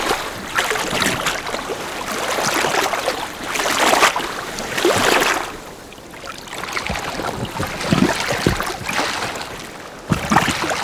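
Lake water laps and splashes steadily against the shore in wind, with louder wave surges around four, five and ten seconds.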